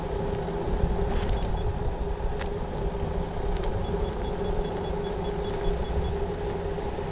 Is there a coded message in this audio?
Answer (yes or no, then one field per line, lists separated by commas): no